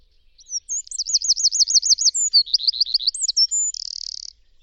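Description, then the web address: Bird song: a high whistle, then a rolling series of rapid looped notes, a lower stuttering run, upslurred whistles and a closing buzzy trill. "cianscape birddata Deverinetal 2025"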